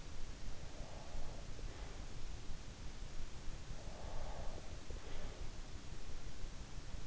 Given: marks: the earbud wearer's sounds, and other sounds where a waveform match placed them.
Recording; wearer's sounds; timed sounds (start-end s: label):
sounds in sleep by an in-ear microphone; breath
0.83-2.07 s: breath
3.87-5.38 s: breath